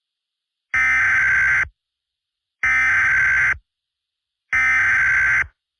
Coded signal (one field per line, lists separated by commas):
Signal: Emergency Alert System (SAME) tones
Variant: header bursts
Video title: EAS Screario Cartoon Cat